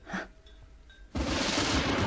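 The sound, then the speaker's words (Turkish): After a short muffled thump and a hushed pause, a loud thunderclap of a very violent storm breaks in abruptly and keeps roaring as a broad, rough rumble until the end. “Anlaşılan çok şiddetli bir fırtına olacak bu.”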